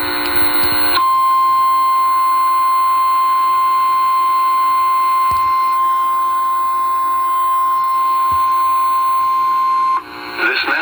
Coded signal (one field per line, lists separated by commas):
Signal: Emergency Alert System (SAME) tones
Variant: 1050 Hz attention tone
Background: speech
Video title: Indiana Statewide Tornado Drill on WLBC-FM (EAS #441)